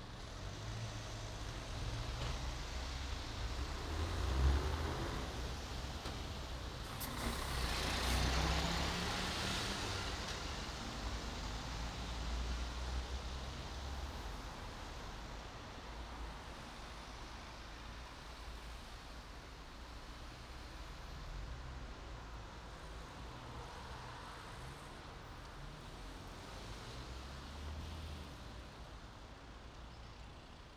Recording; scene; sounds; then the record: everyday scene through a hearing-aid microphone; in traffic; traffic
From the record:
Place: main city hub, rush hour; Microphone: in the ear canal, right